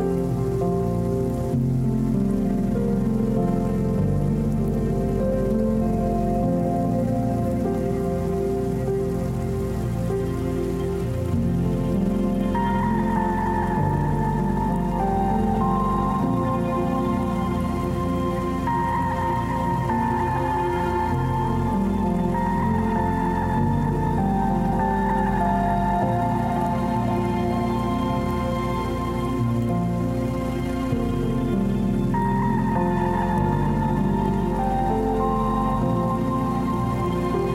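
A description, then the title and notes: Music plays steadily throughout, with a dense, sustained low and mid-range bed and a melodic line that rises in bright, repeating phrases from about 12 seconds on. A soft, even patter like rain runs underneath at a constant level, with no pauses. Relaxing rain with music.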